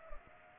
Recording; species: mosquito wingbeat signal from an infrared sensor; Culex pipiens